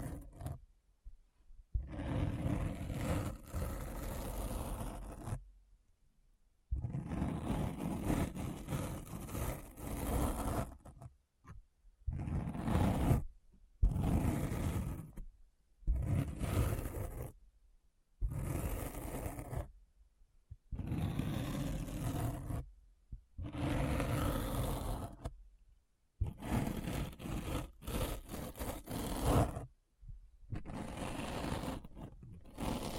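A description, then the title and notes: A deep, gritty scratching sound arrives in rough bursts, each lasting one to four seconds and separated by short dead silences. The bursts are thick and grinding, heavy in the low end with a hissy top, and they repeat about ten times at uneven intervals. ASMR Deep Brain Scratch (No Talking).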